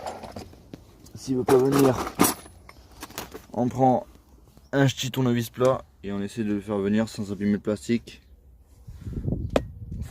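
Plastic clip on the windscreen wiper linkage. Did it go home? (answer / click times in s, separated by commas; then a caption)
released / 9.6 s. While replacing the windscreen wiper linkage on a Peugeot 307, a plastic clip on the linkage is levered off with a flat screwdriver, taking care not to damage the plastic, as someone talks. After a stretch of rising scraping noise, the clip pops free with a sharp click at 9.6 s, and it is released.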